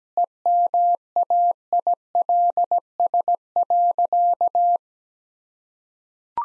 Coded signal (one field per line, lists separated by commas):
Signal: Morse code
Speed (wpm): 17 wpm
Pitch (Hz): 700 Hz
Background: none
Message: EMAILS.